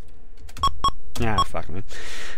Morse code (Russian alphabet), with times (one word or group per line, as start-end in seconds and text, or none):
none